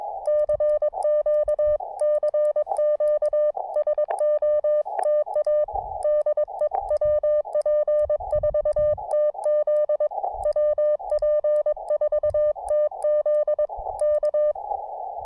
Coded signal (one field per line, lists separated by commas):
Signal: Morse code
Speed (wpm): 22 wpm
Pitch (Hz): 600 Hz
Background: none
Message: CQ CQ SOTA DE WP4TZ WP4TZ K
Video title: Dual Summits on the Air (SOTA) Morse Code activation.